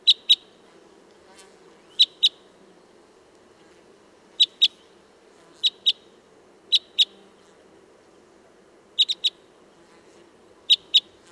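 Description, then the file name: Red crossbill flight calls: crisp paired kip notes repeated roughly every one to two seconds, one triple, over quiet low background noise. Type 10 flight calls. "Red Crossbill Type N 10-FCs"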